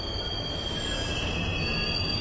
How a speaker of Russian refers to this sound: Это к платформе приближался поезд.